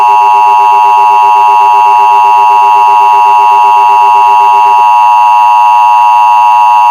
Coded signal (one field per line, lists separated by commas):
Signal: Emergency Alert System (SAME) tones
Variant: 853 and 960 Hz attention tone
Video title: EAS Mini Scenario #13/EAS Recreation Mock #5: SVR (Severe Thunderstorm Warning) for my area